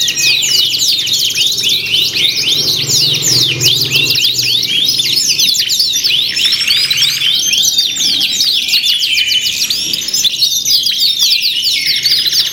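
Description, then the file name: Overlapping canary song, dense quick chirps and downslurred whistles repeated rapidly, some trilled rolls mixed in, continuous throughout. Simulated canary singing contest with filler (isian) tutor songs, from Om Kicau, uploaded October 2013. "audio-simulasi-lomba-kenari-isian 2-omkicau"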